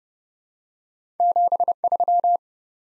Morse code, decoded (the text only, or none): 73